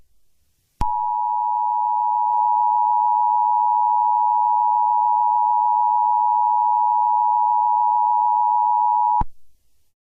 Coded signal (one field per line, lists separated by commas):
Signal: Emergency Alert System (SAME) tones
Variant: 853 and 960 Hz attention tone